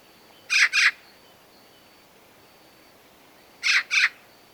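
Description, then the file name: Eurasian magpie giving harsh, rasping chack calls in two quick doubled pairs, about three seconds apart, over a faint steady hiss. "Pica pica"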